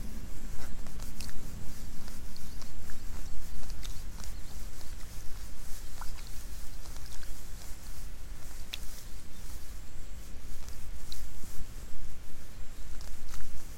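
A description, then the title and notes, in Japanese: Rice seedlings are pulled in the afternoon as insects begin to call. A faint steady high whine runs under a constant low rumble, while irregular clicks, rustles and patters come every second or so, with sharper snaps near nine and eleven seconds. イネ苗とり 午後 そろそろ虫の声。33℃\\18℃。晴れ。今季最後の苗とり。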